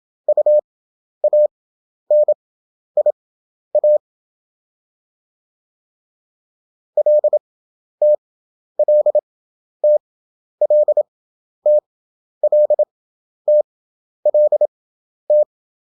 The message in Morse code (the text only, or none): UANIA LT LT LT LT LT